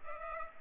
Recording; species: mosquito wingbeat signal from an infrared sensor; Culex pipiens